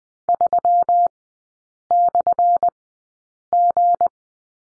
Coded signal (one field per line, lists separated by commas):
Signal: Morse code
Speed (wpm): 20 wpm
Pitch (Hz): 700 Hz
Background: none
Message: 3/G